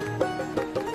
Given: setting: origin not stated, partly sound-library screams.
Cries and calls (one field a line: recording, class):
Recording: one-second piece from a danger detection set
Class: normal situation